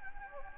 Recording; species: mosquito wingbeat signal from an infrared sensor; Anopheles gambiae